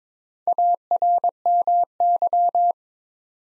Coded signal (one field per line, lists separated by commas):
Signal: Morse code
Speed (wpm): 22 wpm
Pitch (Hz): 700 Hz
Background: none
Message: ARMY